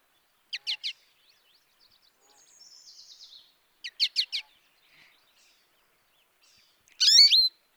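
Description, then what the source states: American Goldfinch calls: quick three-note chips, a soft buzzy twitter, another chip series, then a loud rising wheezy note at the end. Two calls of this bird: the peppy potato chip or pochigree call and the rising, wheezy siree.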